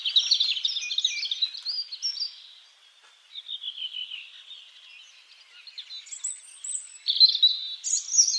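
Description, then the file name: European robin song of sweet, high warbling notes, a bright phrase at the start, a quieter trickling passage in the middle, then sharp high notes near the end. "Erithacus rubecula"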